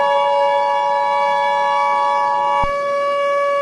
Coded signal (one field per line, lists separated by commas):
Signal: Emergency Alert System (SAME) tones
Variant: 853 and 960 Hz attention tone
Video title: EAS Scenario 1